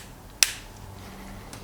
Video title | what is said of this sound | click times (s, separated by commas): Motorcycle Carburetor Repair, Rejet, and Adjustment: Yamaha Virago 1100 | Snaps into place, | 0.4 s